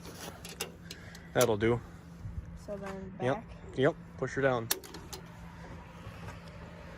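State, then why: Partly seated. A ratchet strap binder holding a vehicle on a car-hauler trailer is pushed down while someone talks, with clicks from the binder at 5.0 and 5.1 seconds. The ratchet pawl is not yet sitting on the tooth of the tie-down strap's ratchet wheel, so the binder lever is not locked in.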